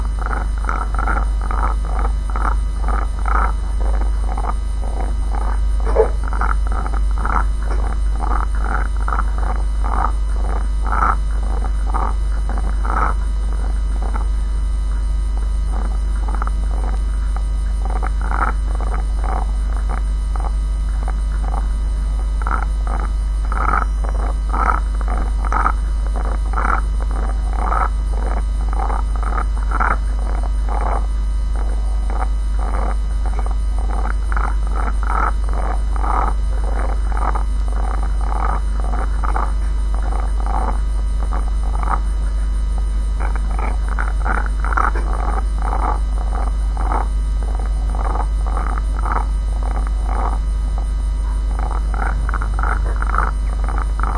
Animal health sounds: poultry house recording; sick chickens (respiratory disease)

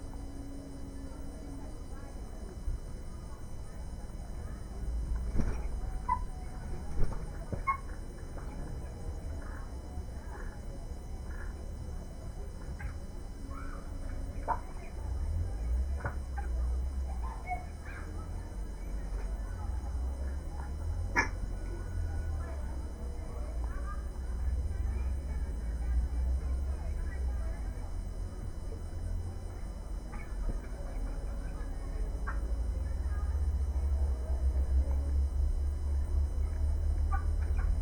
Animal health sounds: poultry house recording; healthy chickens

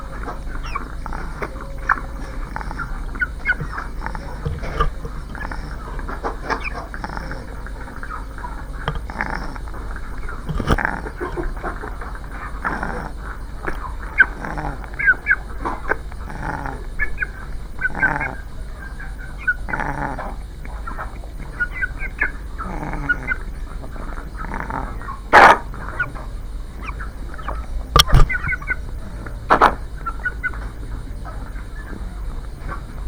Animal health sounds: poultry house recording; sick chickens (respiratory disease)

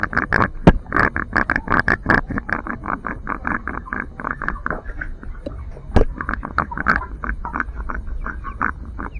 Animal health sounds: poultry house recording; sick chickens (respiratory disease)

